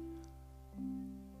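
Over a steady low room hum, a brief low gurgling growl rises in pitch and holds for about half a second. It is an ordinary stomach growl, or borborygmi, from gas and fluid moving through the gut.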